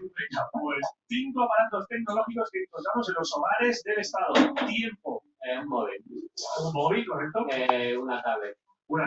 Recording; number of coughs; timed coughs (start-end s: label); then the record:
no coughing; 0
none
From the record:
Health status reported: symptomatic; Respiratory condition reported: no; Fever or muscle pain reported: yes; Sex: female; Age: 45 years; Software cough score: 0.02